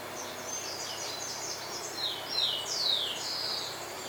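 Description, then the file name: Bird calls: high, sharply descending chirps in quick irregular series, the loudest in the second half, over a steady hiss of background noise. "SABIOD 50 bird 2015"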